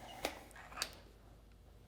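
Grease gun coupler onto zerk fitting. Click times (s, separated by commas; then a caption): 0.8 s. A grease gun's metal coupler is slid over the zerk fitting on the front fork pivot of a Janus 250 until it snaps in place. A sharp metallic tap sounds at 0.2 s, then a faint tick, and the coupler seats with a short, bright snap at 0.8 s. The rest is quiet room tone.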